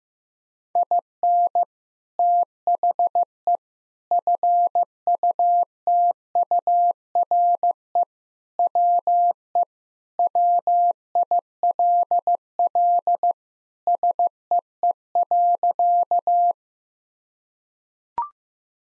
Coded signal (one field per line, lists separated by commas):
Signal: Morse code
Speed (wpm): 15 wpm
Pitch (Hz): 700 Hz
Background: none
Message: IN THE FUTURE WE WILL SEE.